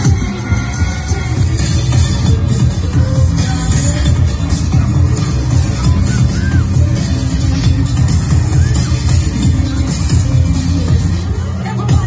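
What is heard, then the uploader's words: A fire dance at Alona Beach in Bohol, Philippines, heard as a constant wash of crowd chatter and overlapping voices. A heavy, dense low rumble runs unbroken for the whole stretch at an even loudness, with faint brief tones drifting above it. Fire Dance At Alona Beach- Bohol, Philippines.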